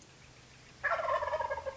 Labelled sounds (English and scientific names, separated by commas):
Wild Turkey (Meleagris gallopavo)